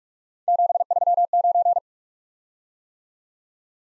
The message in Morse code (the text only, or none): 739